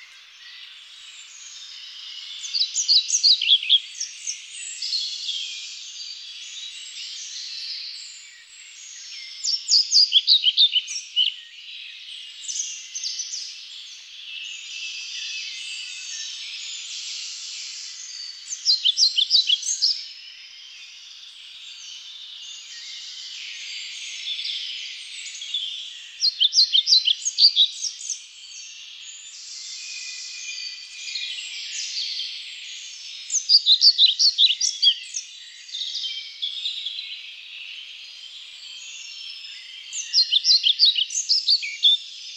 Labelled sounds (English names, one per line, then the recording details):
European Pied Flycatcher song
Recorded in the wild
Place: Waltershofen / Freiburg im Breisgau, Baden-Württemberg, DE
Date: 1999-05-24
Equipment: MiniDisc Sony MZ-R35, Telinga DAT, Telinga-Parabolspiegel
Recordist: Schwarz, Dieter